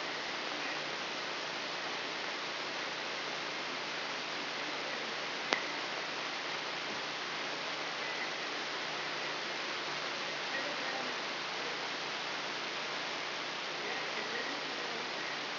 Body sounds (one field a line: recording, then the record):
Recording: brain microelectrode recording played as sound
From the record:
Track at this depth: inside the subthalamic nucleus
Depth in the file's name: 3.908 mm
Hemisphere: left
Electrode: 3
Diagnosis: Parkinson's disease